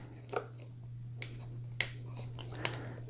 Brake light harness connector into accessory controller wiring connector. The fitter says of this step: it takes some pressure because it's again it's airtight so it might want to push back on you just a little bit in there until it locks in place so now we have our brake lights connected